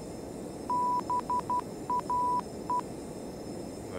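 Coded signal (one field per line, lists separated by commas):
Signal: Morse code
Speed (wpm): 12 wpm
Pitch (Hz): 990 Hz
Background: speech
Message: BAE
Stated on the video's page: Morse in a home cockpit flight simulation on a VATSIM virtual air traffic network event.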